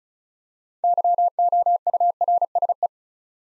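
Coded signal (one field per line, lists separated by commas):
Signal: Morse code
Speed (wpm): 36 wpm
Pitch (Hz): 700 Hz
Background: none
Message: YOURSE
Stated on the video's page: Morse Code practice drill at 35 wpm building 8-letter words three letters at a time, for instant character recognition training.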